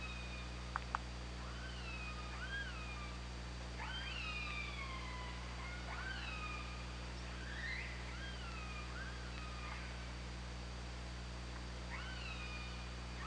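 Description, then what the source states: Killer whale pulsed calls, a string of rising and falling tonal calls with bright harmonics, some sliding upward then dropping, over a steady low hydrophone hum. Recorded on the OrcaLab hydrophone, 24 August 2017 at 22:52.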